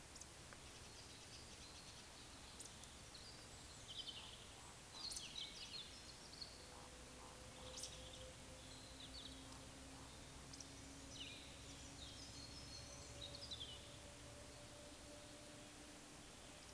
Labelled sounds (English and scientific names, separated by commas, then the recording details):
Eurasian Woodcock (Scolopax rusticola) whistle, Eurasian Woodcock (Scolopax rusticola) croak
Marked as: whistle, whistle, croak, whistle, croak, whistle, croak, whistle, whistle
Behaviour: display flight
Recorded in Baden-Württemberg, Germany, on 29 May 2021 at 19:42 UTC
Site 24608, 624 m above sea level